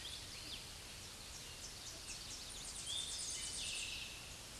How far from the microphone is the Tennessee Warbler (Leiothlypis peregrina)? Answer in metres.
about 25 m